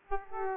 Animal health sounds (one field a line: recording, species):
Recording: mosquito wingbeat signal from an infrared sensor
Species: Aedes aegypti